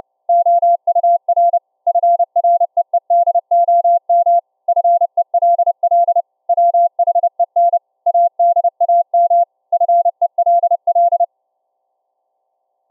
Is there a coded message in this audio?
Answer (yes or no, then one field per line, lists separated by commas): yes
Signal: Morse code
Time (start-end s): 0.3-11.2 s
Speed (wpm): 29 wpm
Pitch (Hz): 690 Hz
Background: none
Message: OUR FREEDOM FELL WHEN ADAM FELL